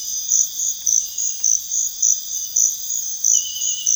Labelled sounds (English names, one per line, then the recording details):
none
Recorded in pastures near Puerto Asís, Putumayo, Colombia, on 4 March 2025 at 05:00
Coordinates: 0.502, -76.324
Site GP07